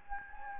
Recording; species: mosquito wingbeat signal from an infrared sensor; Anopheles gambiae